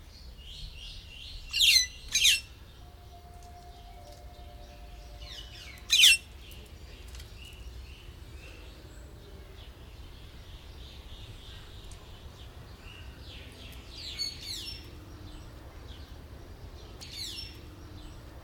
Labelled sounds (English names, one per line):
White-headed Buffalo-Weaver